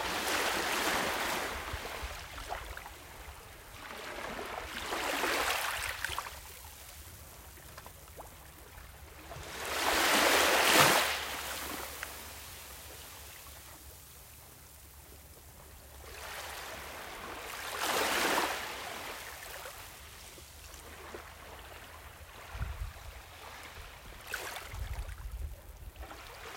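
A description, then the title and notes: Waves roll in and wash out in surges every few seconds, each one a rising and fading hiss. The strongest break comes near the middle, around ten seconds, with smaller ones before and after. A steady low rumble runs underneath throughout. WAVES.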